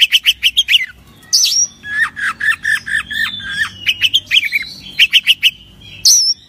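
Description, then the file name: Oriental magpie-robin song: rapid bursts of sharp whistled and chattering notes, interspersed with slurred rising and falling phrases, with brief pauses between bursts. "suara kacer asli"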